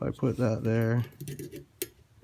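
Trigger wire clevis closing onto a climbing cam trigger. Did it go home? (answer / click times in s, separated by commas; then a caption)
yes / 1.8 s. Someone talks while twisting a small open metal clevis on a Merlin climbing cam's trigger wire so its slightly offset sides line up. It snaps shut with a sharp click at 1.8 s, and the clevis is confirmed seated in place on the cam trigger.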